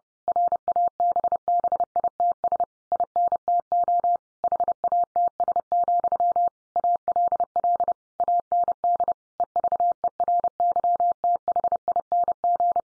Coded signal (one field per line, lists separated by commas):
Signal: Morse code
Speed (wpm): 30 wpm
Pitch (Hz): 700 Hz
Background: none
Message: RABBITS INTO HATS, ALL AND EVERYTHING